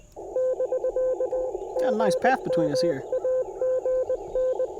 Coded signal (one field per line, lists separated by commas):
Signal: Morse code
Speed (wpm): 20 wpm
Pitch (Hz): 510 Hz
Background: speech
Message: <BK> GM AGN